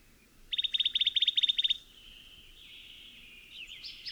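Bird singing a quick, evenly pulsed trill of about a dozen notes, then thinner drawn-out twittering, with steady low background noise.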